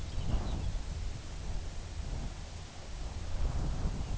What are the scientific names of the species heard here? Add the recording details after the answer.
Calcarius lapponicus. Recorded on Arctic tundra, site UTQI-2, on 14 June 2019. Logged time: 18:00